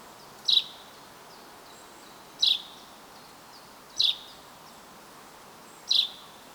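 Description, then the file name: Common chaffinch calls: four short, sharp high notes spaced about one and a half to two seconds apart over a steady background hiss. "Fringilla coelebs"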